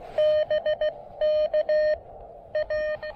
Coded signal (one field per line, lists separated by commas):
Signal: Morse code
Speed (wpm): 17 wpm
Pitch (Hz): 610 Hz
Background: none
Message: BK A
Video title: Cape Hatteras: POTA activation at an Iconic North Carolina Lighthouse!